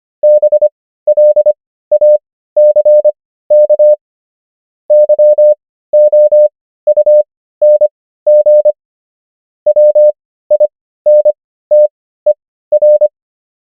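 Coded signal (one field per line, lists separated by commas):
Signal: Morse code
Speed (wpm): 25 wpm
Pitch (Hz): 600 Hz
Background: none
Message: BLACK YOUNG WINTER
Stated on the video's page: Morse practice of the 500 most common English words, 25 wpm character speed with 15 wpm Farnsworth word speed.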